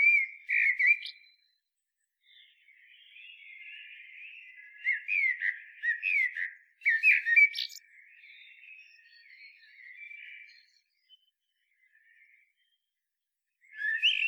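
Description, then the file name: Common blackbird singing loud fluty phrases followed by softer chattering twitters, a long quiet stretch, then another phrase begins. "Turdus merula"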